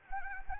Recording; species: mosquito wingbeat signal from an infrared sensor; Anopheles arabiensis